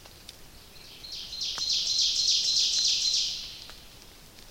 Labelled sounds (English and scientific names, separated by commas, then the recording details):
Ovenbird (Seiurus aurocapilla) song
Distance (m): 40 m
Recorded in boreal forest in Alberta, Canada, on 29 May 2016 at 06:11
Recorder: SongMeter 3, array SBT-3-49
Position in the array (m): 71 m, 261 m
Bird 14